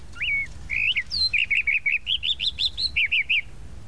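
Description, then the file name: Tropical mockingbird singing a rapid phrase: a few whistled notes, then a quick series of about a dozen repeated chirpy notes, slightly varying, several per second. "Canto-do-Sabiá-da-Praia"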